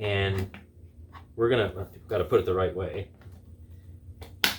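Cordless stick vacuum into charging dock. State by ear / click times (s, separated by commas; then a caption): seated / 4.4 s. A Greenote GSC40 cordless stick vacuum is lined up the right way and set into its charging dock, onto the charging pin on the bottom, while someone talks. A sharp click sounds at 4.4 s as the vacuum seats in the dock.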